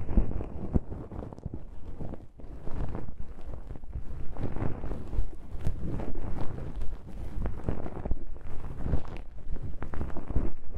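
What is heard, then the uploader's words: Earwax-cleaning sounds fill the 11 seconds: a dense, continuous rubbing and rustling, muffled and heavy in the low end, with soft crackles throughout. Brief lulls come near 2, 4 and 8 seconds, and a few sharper clicks poke through. Removes fluffy earwax, numbs the ear without harshness, produces delicate sound.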